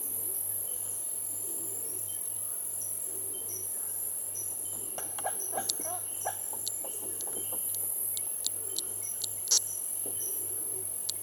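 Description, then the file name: Saffron-bellied frog calls in a burst of brief, clicking high peeps from the middle onward, irregularly spaced, over a continuous insect whine and rhythmic low hum. Recorded at Mulu Base. "Bio Acoustica 09-Chaperina fusca - Mulu Base"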